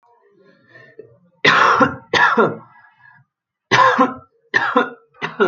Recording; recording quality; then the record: heavy voluntary cough; excellent, no background noise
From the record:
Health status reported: healthy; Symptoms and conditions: none ticked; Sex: male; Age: 22 years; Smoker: not ticked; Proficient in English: yes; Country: India